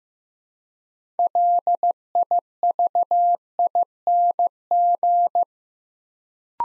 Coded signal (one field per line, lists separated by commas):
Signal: Morse code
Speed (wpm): 15 wpm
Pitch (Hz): 700 Hz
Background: none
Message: LIVING